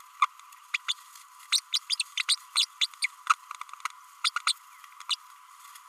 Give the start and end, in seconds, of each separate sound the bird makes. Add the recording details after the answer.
0.22-0.26, 0.73-0.77, 0.88-0.94, 1.52-1.60, 1.72-1.79, 1.90-1.96, 1.99-2.03, 2.19-2.22, 2.28-2.36, 2.55-2.65, 2.81-2.87, 3.02-3.07, 3.29-3.33, 4.24-4.30, 4.36-4.39, 4.46-4.52, 5.10-5.15. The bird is a female. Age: 32 days. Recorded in a nest box in Venezuela. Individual 17B32A7